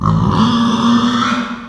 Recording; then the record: squeal of a Yucatan mini pig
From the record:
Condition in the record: after surgery on the right vocal fold (resection and tissue-engineered implant); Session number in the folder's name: 15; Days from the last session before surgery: 175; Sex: female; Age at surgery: 19 weeks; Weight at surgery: 25 kg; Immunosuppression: prednisolone